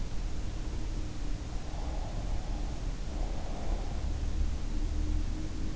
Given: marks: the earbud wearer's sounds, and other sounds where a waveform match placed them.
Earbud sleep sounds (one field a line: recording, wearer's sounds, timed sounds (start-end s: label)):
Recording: sounds in sleep by an in-ear microphone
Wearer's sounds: breath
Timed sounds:
1.61-4.07 s: breath